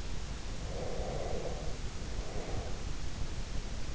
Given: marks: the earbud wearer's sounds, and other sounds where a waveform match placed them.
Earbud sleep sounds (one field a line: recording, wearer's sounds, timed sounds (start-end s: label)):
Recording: sounds in sleep by an in-ear microphone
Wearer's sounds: breath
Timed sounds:
0.55-3.15 s: breath